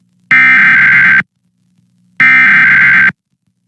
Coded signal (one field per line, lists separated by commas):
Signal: Emergency Alert System (SAME) tones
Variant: header bursts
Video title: Orange County Required Monthly Test 10/4/21 EAS (#512-518)